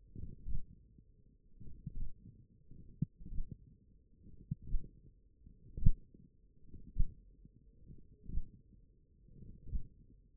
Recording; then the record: forearm muscle sounds (acoustic myography)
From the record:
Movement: hand closing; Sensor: system 1, eight BSWA MPA416 microphones around the upper forearm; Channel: 4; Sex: male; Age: 42 years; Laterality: right